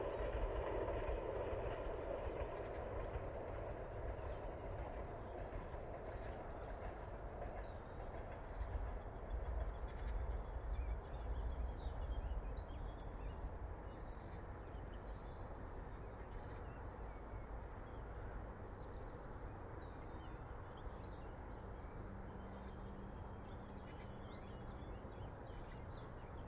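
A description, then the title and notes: By a river bend near a railway line, a deep, dense rumble fills the first dozen seconds, like a train passing close by, then eases into a steadier, quieter roar of moving water. A low hum appears near the end, with faint bird chirps high above. Recording taken from the bend in the Mersey just where it reaches its closest to the track from Hawthorn Road. Again with the distant drone of the M60, the trams pass from right to left (Manchester to Altrincham) as they slowly enter and exit from this vibrant environment. Stereo ECM-77’s.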